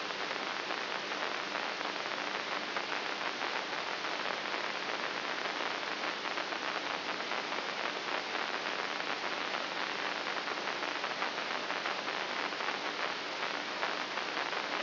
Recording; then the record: brain microelectrode recording played as sound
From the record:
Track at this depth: inside the subthalamic nucleus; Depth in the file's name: 0.64 mm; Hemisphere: right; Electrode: 3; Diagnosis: Parkinson's disease